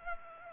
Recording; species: mosquito wingbeat signal from an infrared sensor; Culex pipiens